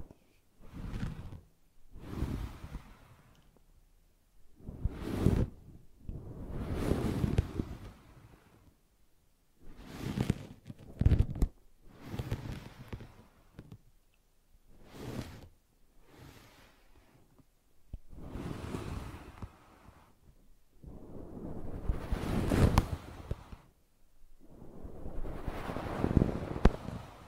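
Brushing and scratching in repeated strokes, each a rough, whooshing burst lasting a second or two with short pauses between. Strokes come irregularly, some softer and brief, others longer and louder, with a few sharp scratchy ticks inside them. Quiet hiss fills the gaps.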